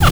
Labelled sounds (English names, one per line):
Zebra Finch kackle call